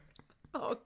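A few faint, short throaty sounds lead into one loud, harsh cough-like burst lasting about a quarter second: a dog's cough from kennel cough, an infectious inflammation of the windpipe and airways. The dog is otherwise well but makes this horrible noise at times.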